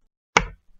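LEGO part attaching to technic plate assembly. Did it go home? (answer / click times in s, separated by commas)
yes / 0.4 s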